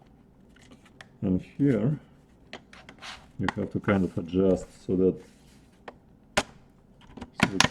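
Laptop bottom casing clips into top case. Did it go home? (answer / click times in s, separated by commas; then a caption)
yes / 6.4 s, 7.6 s. The plastic edge clips of the lower casing of an MSI MS-1782 6QE G series laptop, being reassembled after a broken charge port power jack repair, are lowered and adjusted onto the top case while someone talks. Sharp plastic snaps ring out at 6.4 s and 7.6 s as the clips seat, and the bottom casing is clipped into the top case.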